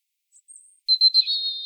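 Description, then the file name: European robin giving a short high phrase: faint thin notes near the top, then a louder warbling trill with wavering tones lasting under a second. "Erithacus rubecula"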